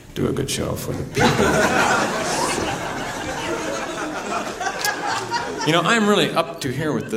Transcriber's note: laughter